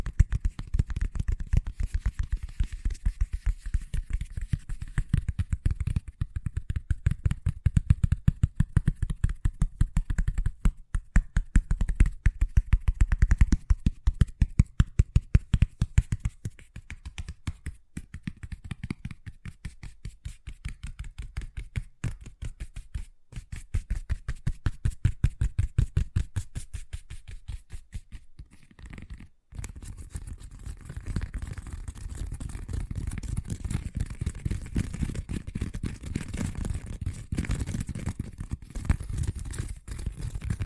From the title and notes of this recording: ASMR Braingasm Inducing Fast Tapping (No Talking).